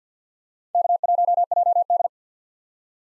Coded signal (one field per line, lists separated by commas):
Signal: Morse code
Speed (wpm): 50 wpm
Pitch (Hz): 700 Hz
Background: none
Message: K1JD